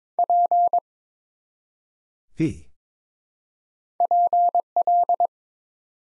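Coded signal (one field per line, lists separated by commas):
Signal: Morse code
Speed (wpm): 22 wpm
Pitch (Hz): 700 Hz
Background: none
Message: P PL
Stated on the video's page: Morse Code Ninja practice at 22 WPM, sending four-letter words one letter at a time.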